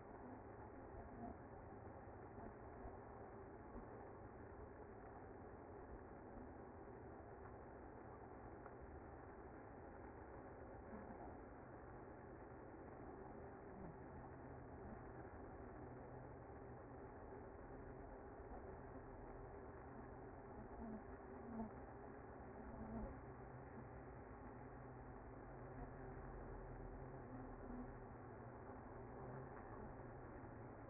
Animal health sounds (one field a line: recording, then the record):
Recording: honeybee colony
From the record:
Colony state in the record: active